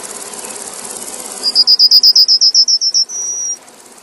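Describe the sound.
Yellowhammer singing a rapid series of about a dozen high, evenly spaced notes, then a sustained final note, with a faint constant background hiss.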